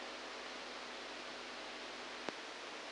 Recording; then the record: brain microelectrode recording played as sound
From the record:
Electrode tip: outside the subthalamic nucleus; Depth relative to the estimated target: 1 mm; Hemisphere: right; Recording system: NeuroSet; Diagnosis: Parkinson's disease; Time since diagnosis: 7 years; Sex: male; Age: 69 years